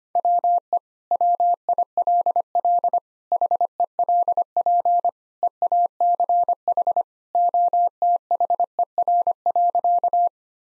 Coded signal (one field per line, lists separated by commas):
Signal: Morse code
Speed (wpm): 25 wpm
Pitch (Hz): 700 Hz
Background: none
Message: WE WILL HELP EACH OTHER.